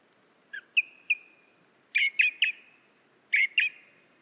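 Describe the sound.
Song thrush song: short whistled notes delivered in quick triplets and pairs.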